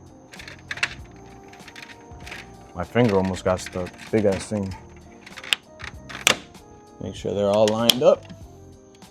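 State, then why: Not seated. A carbon fiber front grille with plastic retaining clips is being lined up and handled at the front bumper opening of a BMW X3 M40i SUV, while someone talks. Light plastic taps and knocks are heard, with sharp ones near 0.8 s, 5.5 s and 6.3 s, and music plays in the background. Nothing has seated or clicked yet.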